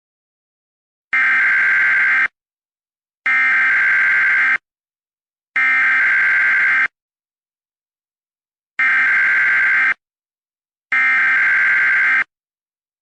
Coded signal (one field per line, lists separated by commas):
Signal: Emergency Alert System (SAME) tones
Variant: header bursts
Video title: Random chimp event EAS alert